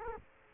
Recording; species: mosquito wingbeat signal from an infrared sensor; Culex quinquefasciatus